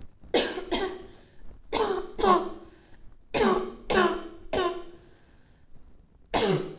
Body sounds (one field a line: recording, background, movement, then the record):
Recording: voluntary coughing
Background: quiet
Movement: sitting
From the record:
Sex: female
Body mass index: 18.3 kg/m2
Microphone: on the chest, facing outward